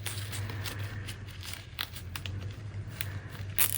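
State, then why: Seated. A plastic zip tie is put on around the ribbon of an embroidered bag tag and pulled tight through its own ratchet head. Sharp ratchet clicks, each a tooth passing the pawl, sound at 0.1, 1.8, 2.2, 2.3, 3.0 and 3.8 seconds over a steady low hum. The zip tie ratchets tight and seats, fastened on well.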